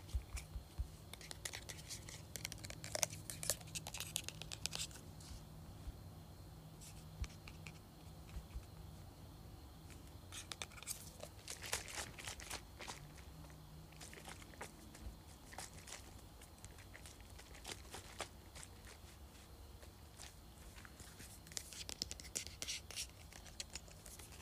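A perfume bottle is tapped, scratched and shaken in a busy, crackly stream of small clicks and taps, with denser clusters around 3, 11 and 22 seconds. A low steady hum runs underneath throughout, with a faint high tone.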